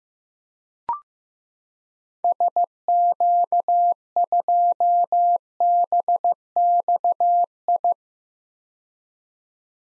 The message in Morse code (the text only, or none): SQ2BXI